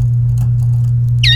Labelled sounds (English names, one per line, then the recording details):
Domestic Canary song
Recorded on 29 April 2018 at 12:05
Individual llb3